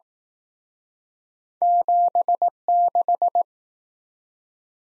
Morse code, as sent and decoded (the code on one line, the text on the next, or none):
--... -....
76